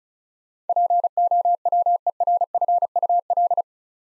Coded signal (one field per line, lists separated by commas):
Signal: Morse code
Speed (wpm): 36 wpm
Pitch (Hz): 700 Hz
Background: none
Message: POWERFUL